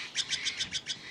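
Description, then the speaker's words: Steller's jay imitating an eagle, a rapid series of six thin, high chittering notes. Steller's jay imitating a bald eagle to scare a woman off her porch so the jays could take the peanuts she set out each morning. "one jay voiced a perfect imitation of a bald eagle."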